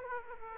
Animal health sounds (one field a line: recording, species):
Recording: mosquito wingbeat signal from an infrared sensor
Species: Aedes aegypti